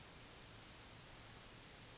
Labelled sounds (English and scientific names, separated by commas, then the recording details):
Yellowhammer (Emberiza citrinella) song
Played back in forest
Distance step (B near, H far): F
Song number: 059